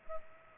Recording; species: mosquito wingbeat signal from an infrared sensor; Culex pipiens